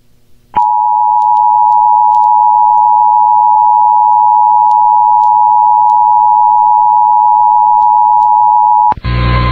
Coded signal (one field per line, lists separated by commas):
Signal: Emergency Alert System (SAME) tones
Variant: 853 and 960 Hz attention tone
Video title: SiriusXM EAS Test on SIR043 and Channel 43 promo 8/11/21